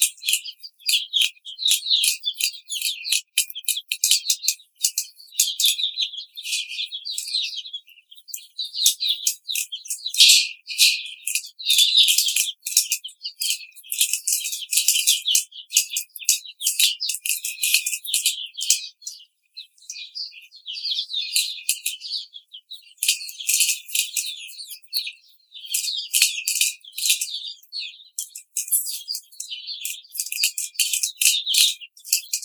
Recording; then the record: young laying hens in a cage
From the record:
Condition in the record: treatment cage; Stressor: simulated dog barking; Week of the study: 5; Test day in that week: 1